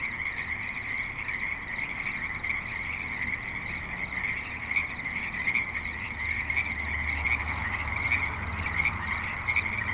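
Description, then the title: Frogs giving repeated raspy croaks in a dense chorus, with a low traffic rumble building toward the end. Creek in suburban Spanish Springs, Nevada; light traffic and other suburban sounds present. "Frogs in Spanish Springs, NV - creek view"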